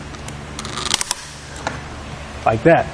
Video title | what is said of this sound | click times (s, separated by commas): etrailer - Does the Yakima RidgeLine Roof Rack for Flush Rails Suit Your 2015 Nissan Rogue | again you're going to hear those audible clicks like | 0.9 s, 1.0 s, 1.1 s